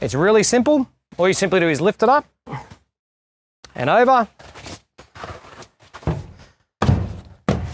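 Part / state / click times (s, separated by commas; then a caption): folding bed frame into camper trailer body / seated / 7.5 s. On a Conqueror UEV-440 camper trailer, someone talks while the folding front bed frame is lifted up, flipped over and pushed down, with thumping handling sounds. At 7.5 s a sharp thunk is heard as the frame wedges in behind a frame member and locks into place.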